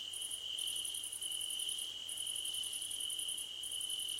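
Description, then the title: Crickets produce a steady shrill trill with rapid high pulsed bursts separated by short gaps. Crickets at night under a starlit sky; described as a gentle hum. "Nighttime Ambience with Crickets"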